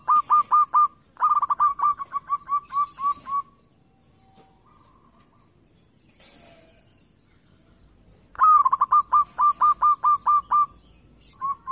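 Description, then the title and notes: Zebra dove song, rapid trains of evenly spaced staccato coos, with several seconds of near silence in the middle. Local (lokal) bird, chirping. "Kicau Perkutut Lokal. Kicau Burung Perkutut"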